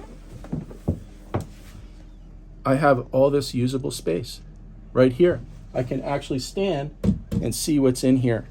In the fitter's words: piece down on the bottom here it locks in place and it goes like so